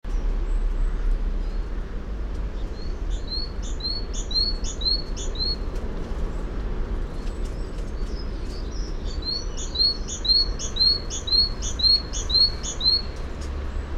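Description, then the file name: Great tit song in two rhythmic series of high, see-sawing two-note phrases, roughly two per second, over a low background rumble. "Parus major"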